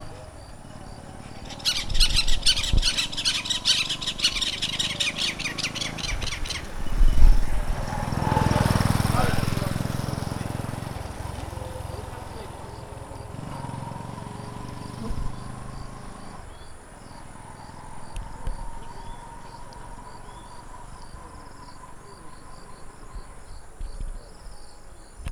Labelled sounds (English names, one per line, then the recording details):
White-billed Buffalo-weaver
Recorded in northern Uganda